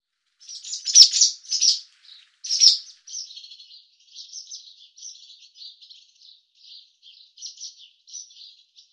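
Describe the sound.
Barn swallow chirping: three loud sharp chirps, then a long run of quick, softer, high twittering notes continuing to the end.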